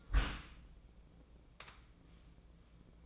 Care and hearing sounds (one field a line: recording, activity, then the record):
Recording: daily activity, microphone in the room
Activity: close dishwasher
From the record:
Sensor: 1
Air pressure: 1012.4 hPa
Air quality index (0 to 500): 168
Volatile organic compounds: 3 ppm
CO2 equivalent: 1370 ppm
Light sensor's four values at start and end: 343/788/347/382 and 343/788/347/382